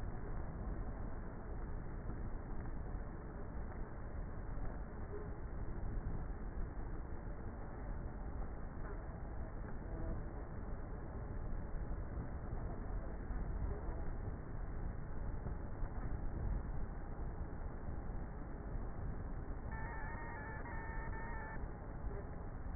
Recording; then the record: honeybee colony, microphone inside the hive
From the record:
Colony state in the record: queenless with a low population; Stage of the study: before two queens were removed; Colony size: about 30,000 bees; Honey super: no